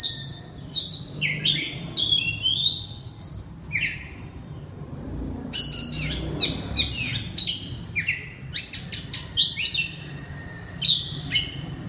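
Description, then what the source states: Oriental magpie-robin song, varied, mixing long sliding whistles with quick sharp chips and bright fluty phrases, with a brief lull midway. Loud song in the ngeplong style.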